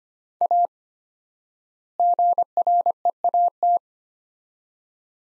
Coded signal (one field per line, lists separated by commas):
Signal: Morse code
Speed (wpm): 25 wpm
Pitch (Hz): 700 Hz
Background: none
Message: A GREAT